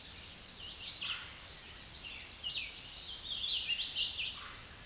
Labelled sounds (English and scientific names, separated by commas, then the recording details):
Hooded Warbler (Setophaga citrina) song
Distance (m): 25 m
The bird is about 10 m above the microphone
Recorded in a Pennsylvania forest on 16 May 2024 at 08:01
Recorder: AudioMoth, point MSD-2478
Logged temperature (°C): 15.6 °C
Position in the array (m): 37 m, 182 m